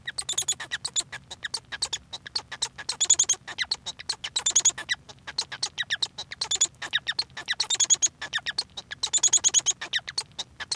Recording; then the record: song of a male Bengalese finch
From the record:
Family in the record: son of father 1